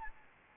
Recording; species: mosquito wingbeat signal from an infrared sensor; Anopheles gambiae